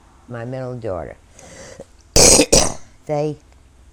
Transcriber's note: coughs